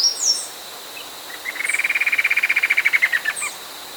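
Bird trill: a rapid buzzy run of pulses held at one pitch for about two seconds, with thin, high, down-slurred notes before and after it.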